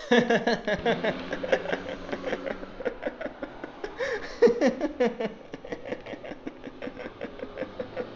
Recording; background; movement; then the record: laughter; traffic; walking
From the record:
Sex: male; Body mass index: 22.0 kg/m2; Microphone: on the chest, facing outward